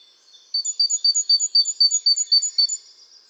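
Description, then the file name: Great tit calling a single run of sharp, high, evenly spaced notes, about four each second, against a quiet background. "Parus major"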